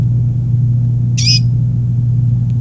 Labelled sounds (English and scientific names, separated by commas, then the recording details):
Domestic Canary (Serinus canaria) song
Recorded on 27 April 2018 at 16:03
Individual llb3